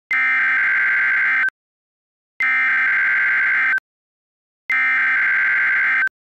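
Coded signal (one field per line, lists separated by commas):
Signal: Emergency Alert System (SAME) tones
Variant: header bursts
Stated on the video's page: Blue-screen Required Weekly Test from a SAGE EAS ENDEC or SAGE Digital ENDEC.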